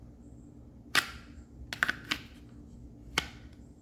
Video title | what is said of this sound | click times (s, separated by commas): Shield plus performance center. update! | It's a hybrid holster, and you can actually hear it clicking, which is great for a hybrid holster. | 1.8 s, 3.2 s